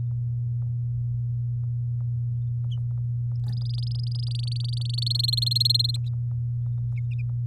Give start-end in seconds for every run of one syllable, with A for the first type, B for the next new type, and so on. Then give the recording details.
3.44-5.04 A, 5.06-5.96 B. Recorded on 6 May 2018 at 16:25. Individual llb16